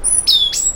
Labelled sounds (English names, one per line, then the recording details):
Stitchbird song
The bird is a male
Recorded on Tiritiri Matangi Island, New Zealand, in 2005
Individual 12, of nest box 16